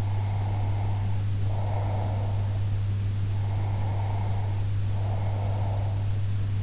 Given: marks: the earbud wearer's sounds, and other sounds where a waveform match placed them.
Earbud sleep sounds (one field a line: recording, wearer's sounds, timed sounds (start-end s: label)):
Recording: sounds in sleep by an in-ear microphone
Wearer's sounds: breath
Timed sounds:
0.00-2.73 s: breath
3.39-6.19 s: breath